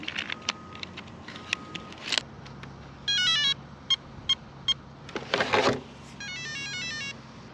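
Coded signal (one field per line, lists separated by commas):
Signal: beep code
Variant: Castle Creations brushless ESC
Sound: rising stepped startup tones, then 3 short equal beeps, then a motor whirring burst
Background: motor noise, handling clicks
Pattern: 3 short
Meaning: The battery pack is detected as 3S (three cells)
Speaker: The 3 beeps of trouble. The 3 beeps that should never accompany a Tamiya vehicle.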